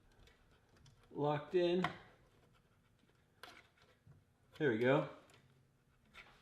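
A wire connector is pushed further into its mating connector, and a sharp click is heard at 3.4 s as it seats. Someone talks before and after the click. Both connectors end up locked into place.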